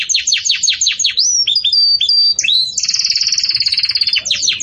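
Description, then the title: Belgian canary song: a run of quick downward-sweeping chirps, then clear whistled notes and a long fast buzzy trill, ending with more sweeping chirps. Belgian canary singing in the campainha (bell) song style, for tutoring young chicks. "Belíssimo Canto Do Canário Belga Campainha Para Encarte De Filhotes"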